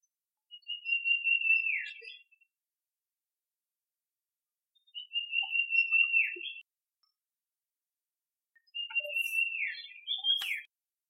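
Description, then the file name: Iora song: three similar whistled phrases, each a long steady whistle ending in a quick downward slur, repeated roughly every four seconds. Song type C. "Iora C-Song Sun Chong Hong"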